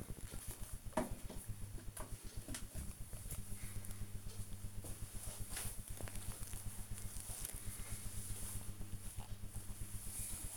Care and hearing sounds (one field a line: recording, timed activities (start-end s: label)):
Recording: household activities, microphone on the right wrist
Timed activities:
none